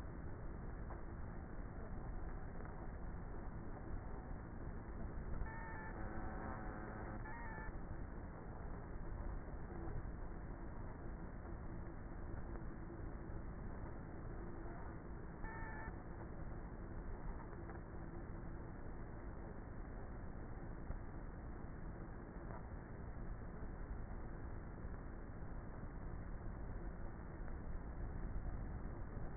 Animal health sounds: honeybee colony, microphone inside the hive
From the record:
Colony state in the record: queenless with a low population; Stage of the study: before two queens were removed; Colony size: about 30,000 bees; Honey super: no

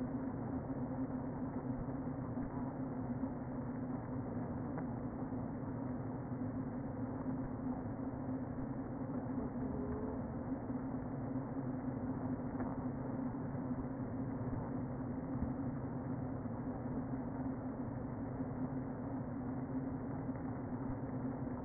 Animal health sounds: honeybee colony, microphone inside the hive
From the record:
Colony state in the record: queen present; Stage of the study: before two queens were removed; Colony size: about 60,000 bees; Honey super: yes

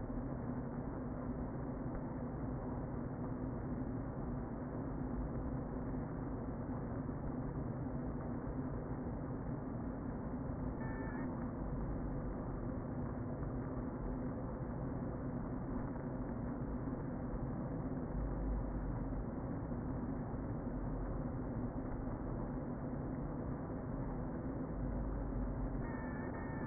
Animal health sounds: honeybee colony, microphone inside the hive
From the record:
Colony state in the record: queen present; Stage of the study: before two queens were removed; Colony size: about 60,000 bees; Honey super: yes

